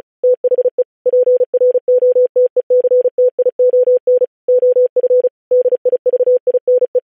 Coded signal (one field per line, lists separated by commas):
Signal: Morse code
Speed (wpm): 36 wpm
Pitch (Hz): 500 Hz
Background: none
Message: THE PROTECTION OF DIVINE